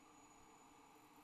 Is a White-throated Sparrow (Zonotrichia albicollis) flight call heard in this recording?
no